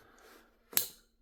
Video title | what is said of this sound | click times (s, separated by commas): TWOSUN TS481 #knifereview #knifedisassembly #edcknife #twosunknives #twosunknife #twosunts481 | okay so I got a little extra tension on there you can hear it click on the way out now | 0.8 s